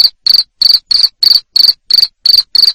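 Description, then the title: Shrill pulsed cricket chirps repeated quickly, nothing else audible. Loud cricket chirping played to make lovebirds sing continuously. "Suara JANGKRIK NGERIK Keras Bikin LOVEBIRD Jadi NGEKEK Terus Vubey"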